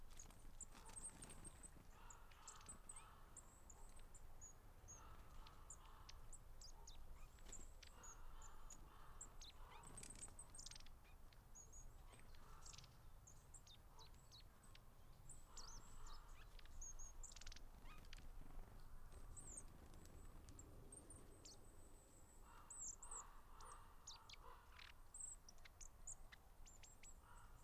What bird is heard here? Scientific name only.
Aegithalos caudatus